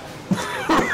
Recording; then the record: coughing mixed with background sound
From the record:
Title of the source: Heavy cold and sore throat coughing.